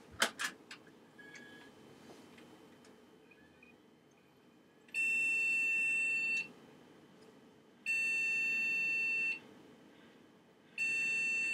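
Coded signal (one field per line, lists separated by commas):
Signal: beep code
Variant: PC BIOS POST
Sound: handling clicks, then three long shrill beeps about 1.5 s each, evenly spaced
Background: handling clicks, room noise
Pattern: repeating long beeps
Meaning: Repeating long beeps usually signal a memory (RAM) error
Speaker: I think if the RAM was having an issue, we'd still have a post beep. It would obviously, you know, beep to indicate that something was wrong.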